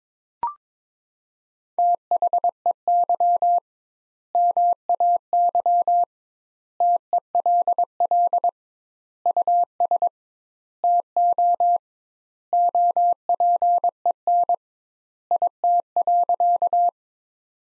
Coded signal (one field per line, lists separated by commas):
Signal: Morse code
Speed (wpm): 22 wpm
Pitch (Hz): 700 Hz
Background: none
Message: THEY MAY TELL US TO OPEN IT.